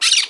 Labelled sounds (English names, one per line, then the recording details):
Brown-throated Parakeet contact call
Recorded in Margarita
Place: San Francisco, near stadium
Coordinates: 11.018, -64.294